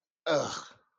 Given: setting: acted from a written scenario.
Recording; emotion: vocal sound without words; contempt